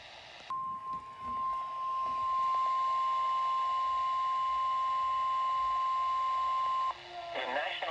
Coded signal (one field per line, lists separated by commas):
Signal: Emergency Alert System (SAME) tones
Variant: 1050 Hz attention tone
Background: speech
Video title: EAS Alerts from 4/22/2023 (EAS #13-22)